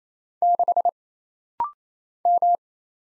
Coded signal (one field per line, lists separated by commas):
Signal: Morse code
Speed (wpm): 28 wpm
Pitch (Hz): 700 Hz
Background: none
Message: 6 M